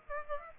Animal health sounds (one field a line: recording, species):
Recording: mosquito wingbeat signal from an infrared sensor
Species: Aedes aegypti